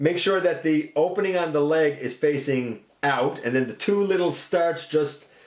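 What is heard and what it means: Someone talks while handling a snap-together plastic model kit part, lining up the opening on the leg piece so it faces out before sliding the part's two small plastic pegs into the leg. Nothing has seated or clicked yet.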